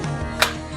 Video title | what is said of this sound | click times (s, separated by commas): HOW TO: Clean Your AR-15 | Once you have those 2 clicks, now you close this up. | 0.4 s